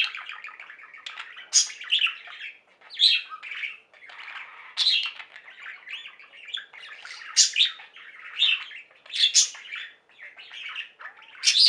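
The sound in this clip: Budgerigar chatter, a steady mumbled warble broken by frequent bright squeaks and harsh chirps.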